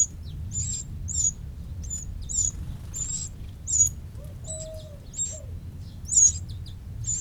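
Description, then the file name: Eurasian wren calls, short sharp high ticking notes repeated irregularly over several seconds, with a faint low hollow whistle midway and soft background rumble. "Troglodytes troglodytes"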